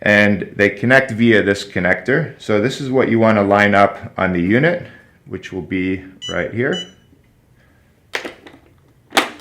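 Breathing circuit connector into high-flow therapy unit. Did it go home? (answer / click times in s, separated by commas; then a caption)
yes / 9.2 s. A disposable heated-wire breathing circuit's connector is lined up with a high-flow therapy unit and pushed on while someone talks. After a few soft taps, a sharp click at 9.2 s marks the connector seating into place.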